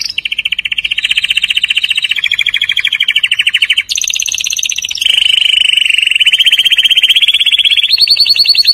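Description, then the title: Atlantic canary delivering long, continuous rolling trills, each rapid phrase held steady before switching to a new pitch and tempo. "Kenari"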